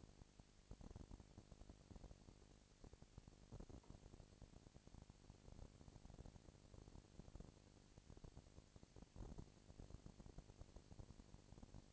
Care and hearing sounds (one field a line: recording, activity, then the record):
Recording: daily activity, microphone in the room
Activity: no activity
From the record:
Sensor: 5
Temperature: 20.1 degrees Celsius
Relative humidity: 38.2%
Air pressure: 998.9 hPa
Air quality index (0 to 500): 218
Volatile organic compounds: 24 ppm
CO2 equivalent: 2805 ppm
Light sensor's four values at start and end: 2/3/1/1 and 2/3/1/1